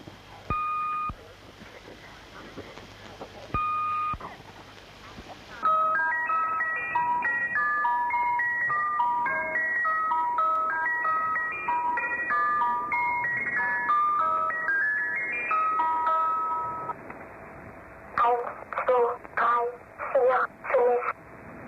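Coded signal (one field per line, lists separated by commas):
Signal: numbers station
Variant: Swedish Rhapsody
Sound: steady electronic tones, a tinkling music-box melody, then a high voice reading short words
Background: radio static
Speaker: Now, let's talk about the station that genuinely creeps people out, the Swedish Rhapsody.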